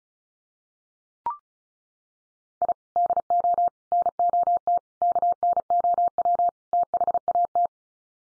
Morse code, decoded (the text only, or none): I DO NOT KNOW THAT